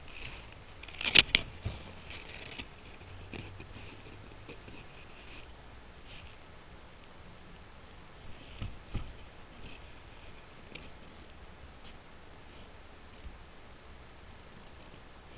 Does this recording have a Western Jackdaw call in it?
no